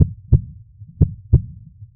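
Two clear low thump pairs, lub-dub, about one second apart, a steady rhythm near 60 beats a minute. A single regular heartbeat with distinct first and second sounds and a quiet low hum between beats.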